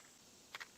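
After filling the magazine of an FX Impact M3 air rifle, its plastic cover piece, which fits only one way, is pressed back on. Over a faint steady hiss, a sharp plastic click is heard at 0.6 s as the cover snaps back into place and is seated.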